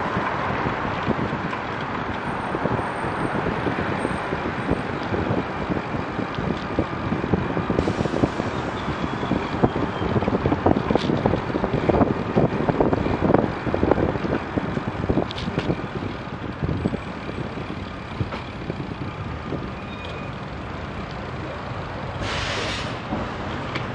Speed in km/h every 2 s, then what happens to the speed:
18, 17, 15, 16, 20, 18, 16, 13, 9, 8, 5, 0.
0-9 steady at about 17. 9-24 slows to 0.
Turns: none.